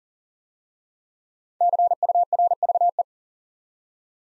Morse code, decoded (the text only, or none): CURVE